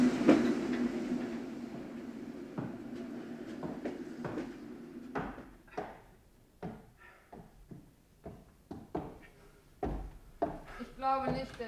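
A train rolls along the rails with a steady, low rumble that fades after a few seconds into a series of irregular clacks and knocks, some sharp and loud, others softer.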